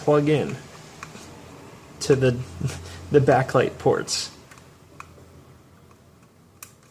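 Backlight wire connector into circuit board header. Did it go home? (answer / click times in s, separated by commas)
yes / 6.6 s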